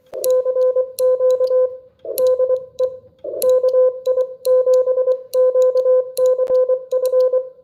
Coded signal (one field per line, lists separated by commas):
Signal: Morse code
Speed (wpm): 23 wpm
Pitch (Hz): 500 Hz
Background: none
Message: CQ DE KI7QCF